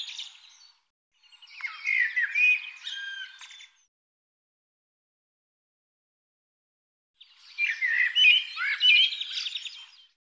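Bird calls in short dense bursts of chirpy, squawky notes, separated by a few seconds of silence.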